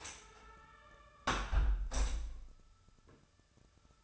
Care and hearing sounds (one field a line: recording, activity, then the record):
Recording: daily activity, microphone in the room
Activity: close window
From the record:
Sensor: 2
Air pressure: 999.7 hPa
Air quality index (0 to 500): 218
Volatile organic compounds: 46 ppm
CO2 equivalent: 3245 ppm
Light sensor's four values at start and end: 8/19/8/8 and 8/19/8/8